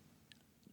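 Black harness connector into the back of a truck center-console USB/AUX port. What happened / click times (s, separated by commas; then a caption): The connector snapped into place / 0.3 s. A black harness connector, the second of two, is pushed into the back of the USB/AUX port module from the center console of a 2015–2018 Chevy Silverado. A single short, sharp click at 0.3 s marks it snapping in, and the connector is seated tight.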